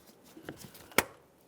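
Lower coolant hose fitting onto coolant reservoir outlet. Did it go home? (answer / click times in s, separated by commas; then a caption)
yes / 1.0 s. On a 2015-2020 Ford F-150 3.5L V6, the plastic lower coolant hose quick-connect fitting with its locking clip is lined up and pressed onto the coolant reservoir outlet, with faint handling taps near 0.5 s. A sharp, bright click rings out at 1.0 s as the fitting snaps on, and a tug confirms it is seated and secure.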